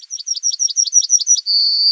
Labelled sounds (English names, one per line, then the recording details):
Yellowhammer song
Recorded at under 5 m from the bird
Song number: 152